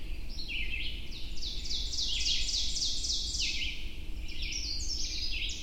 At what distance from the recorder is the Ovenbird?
about 35 m